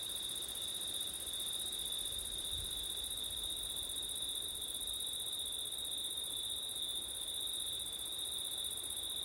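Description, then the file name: Unbroken high cricket trilling in two steady tones, with a brief low thump of wind around the third second. Crickets at night in September, with wind; ORTF recording. "crickets wind september night ortif"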